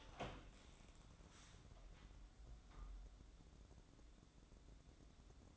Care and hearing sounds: daily activity, microphone in the room; open door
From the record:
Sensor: 3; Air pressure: 1012.3 hPa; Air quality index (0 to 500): 173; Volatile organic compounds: 3 ppm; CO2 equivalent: 1328 ppm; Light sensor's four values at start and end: 615/1529/634/653 and 614/1526/632/652

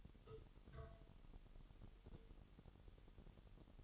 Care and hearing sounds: daily activity, microphone in the room; take from stove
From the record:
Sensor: 4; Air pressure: 989.1 hPa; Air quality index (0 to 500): 210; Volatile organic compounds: 58 ppm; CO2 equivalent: 3391 ppm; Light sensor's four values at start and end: 29/99/37/39 and 29/98/36/38

